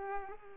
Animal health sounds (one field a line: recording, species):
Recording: mosquito wingbeat signal from an infrared sensor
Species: Culex pipiens